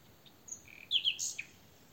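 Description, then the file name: Common nightingale song phrase: a few thin high notes, then loud sharp whistled notes and a brief descending slur, over a quiet background. "Luscinia megarhynchos"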